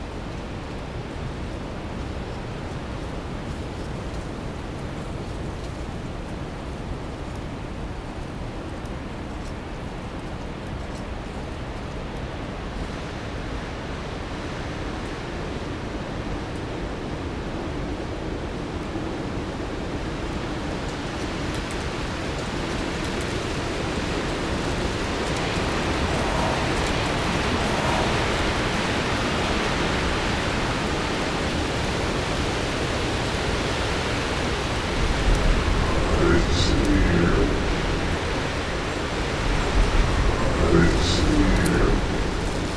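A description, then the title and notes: Leaves rustle in a dense, continuous hiss that starts soft and low, then grows fuller and brighter after about twenty seconds. Near the end, from around thirty-five seconds, louder, crisper bursts of crackling push in before settling slightly. The wind track was actually recorded using my very first condenser mic, an MXL 990. We had a really cool wind storm with 60 mile/hr gusts through the tall white pines. I have an enclosed patio and the wind was from the South so I could record the sounds with no distortion. You can hear the rustling leaves move from left to right.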